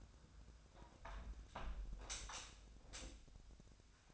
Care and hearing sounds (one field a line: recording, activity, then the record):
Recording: daily activity, microphone in the room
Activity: close window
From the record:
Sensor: 2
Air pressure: 1006.5 hPa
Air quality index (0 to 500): 204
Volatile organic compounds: 15 ppm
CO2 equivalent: 2487 ppm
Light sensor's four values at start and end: 9/21/9/9 and 9/21/9/9